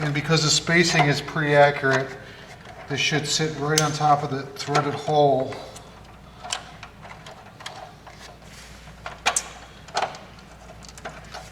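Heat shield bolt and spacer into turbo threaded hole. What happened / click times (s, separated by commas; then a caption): Metal part set in place over the bolt hole, no seating click / none. Someone talks while positioning an aluminum M7 Tuning turbo heat shield with its spacer bolt right on top of the threaded hole on the turbo. The talking is followed by a few short, sharp metallic taps and knocks between about 6.5 and 10 seconds as the parts are handled. Nothing has seated or clicked yet; the gasket has not yet been compressed and the bolt is not yet tightened.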